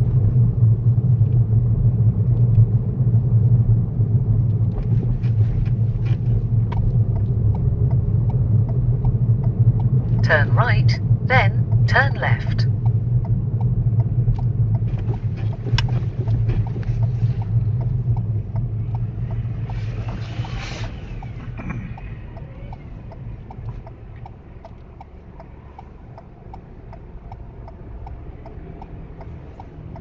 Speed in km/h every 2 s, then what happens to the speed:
21, 18, 19, 23, 21, 18, 15, 15, 11, 6, 3, 2, 0, 0, 0.
0-8 steady at about 21. 8-22 slows to 2. 22-30 standing.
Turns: none.